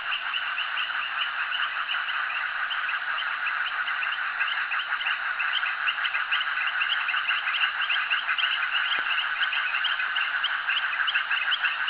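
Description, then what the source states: Many frogs calling together, quick pulsed croaks merging into a constant chattering drone, one brief click late on. Frogs calling at a jetty.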